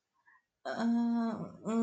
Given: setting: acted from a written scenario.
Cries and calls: vocal sound without words; embarrassment

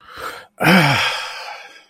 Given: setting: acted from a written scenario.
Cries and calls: vocal sound without words; contentment

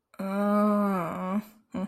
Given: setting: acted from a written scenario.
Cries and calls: vocal sound without words; realization

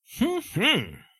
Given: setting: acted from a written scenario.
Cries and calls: vocal sound without words; pride

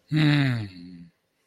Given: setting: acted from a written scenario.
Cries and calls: vocal sound without words; sympathy

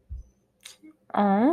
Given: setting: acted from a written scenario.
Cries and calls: vocal sound without words; adoration

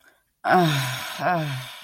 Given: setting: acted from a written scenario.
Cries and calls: vocal sound without words; guilt

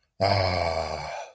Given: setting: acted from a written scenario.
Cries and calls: vocal sound without words; relief

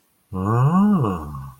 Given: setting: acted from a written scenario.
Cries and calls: vocal sound without words; romantic love

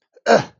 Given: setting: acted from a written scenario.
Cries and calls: vocal sound without words; anger

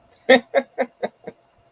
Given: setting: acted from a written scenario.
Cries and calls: vocal sound without words; amusement

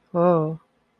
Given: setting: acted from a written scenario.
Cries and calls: vocal sound without words; awe

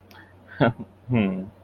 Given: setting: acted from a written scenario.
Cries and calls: vocal sound without words; pride

